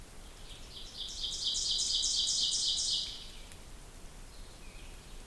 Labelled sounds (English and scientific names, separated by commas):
Ovenbird (Seiurus aurocapilla) song